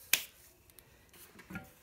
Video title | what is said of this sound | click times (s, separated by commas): Replacing a Honda Lawnmower Ignition Coil (No Start, No Spark) | like that until it clicks nice and firm | 0.1 s